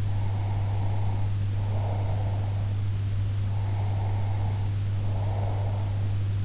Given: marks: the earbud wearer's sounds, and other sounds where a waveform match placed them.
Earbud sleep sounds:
sounds in sleep by an in-ear microphone; breath
0.08-2.71 s: breath
3.54-6.05 s: breath

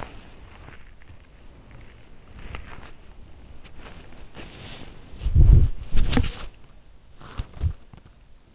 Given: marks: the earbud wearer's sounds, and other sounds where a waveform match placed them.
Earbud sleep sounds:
sounds in sleep by an in-ear microphone; body movement
0.00-8.16 s: body movement

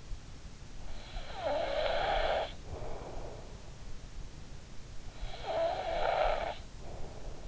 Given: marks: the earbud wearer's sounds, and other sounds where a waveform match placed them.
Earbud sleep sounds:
sounds in sleep by an in-ear microphone; snoring breath
0.89-3.54 s: snoring breath
5.11-7.48 s: snoring breath

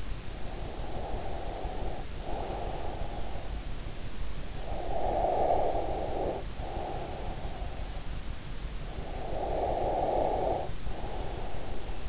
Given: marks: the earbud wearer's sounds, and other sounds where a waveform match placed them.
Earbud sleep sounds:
sounds in sleep by an in-ear microphone; breath
0.00-3.64 s: breath
4.45-8.13 s: breath
8.61-12.09 s: breath

